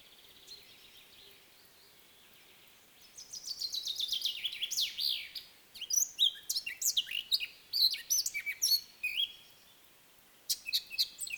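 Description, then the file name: Eurasian blackcap song: a quick, varied warble of scratchy chatter and clear fluted notes running about six seconds, then a pause of about a second and a brief final burst of notes. "Sylvia atricapilla"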